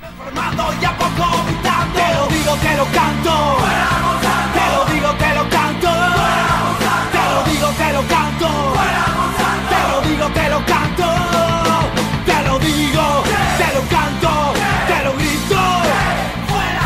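A protest song plays loudly and steadily, with voices shouting a chant over a driving band accompaniment that keeps a constant rhythm for the whole stretch.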